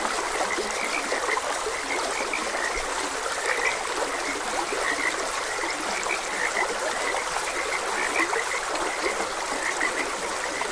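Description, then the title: Frogs give a continuous chorus of short croaks, overlapping without pause, with flowing stream water underneath. Frogs croaking beside a gentle stream. "Gentle Stream and Frogs Croaking"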